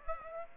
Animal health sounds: mosquito wingbeat signal from an infrared sensor; Aedes aegypti

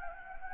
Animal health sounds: mosquito wingbeat signal from an infrared sensor; Anopheles gambiae

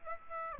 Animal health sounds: mosquito wingbeat signal from an infrared sensor; Aedes aegypti

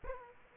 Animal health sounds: mosquito wingbeat signal from an infrared sensor; Aedes aegypti

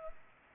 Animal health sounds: mosquito wingbeat signal from an infrared sensor; Culex pipiens

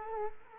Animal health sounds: mosquito wingbeat signal from an infrared sensor; Culex quinquefasciatus

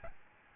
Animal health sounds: mosquito wingbeat signal from an infrared sensor; Aedes albopictus

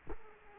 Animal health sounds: mosquito wingbeat signal from an infrared sensor; Culex quinquefasciatus

